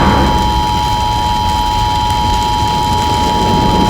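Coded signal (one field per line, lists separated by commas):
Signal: Emergency Alert System (SAME) tones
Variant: 853 and 960 Hz attention tone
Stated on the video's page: Fictional EAS mock with scenario tie-in.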